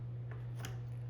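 A MagicShine EVO 1700 Pro bicycle headlight is pulled and pushed down into its plastic GoPro-style handlebar mount. Two brief handling ticks are heard at about 0.3 s and 0.7 s over a steady low hum. Nothing has seated or clicked into place yet.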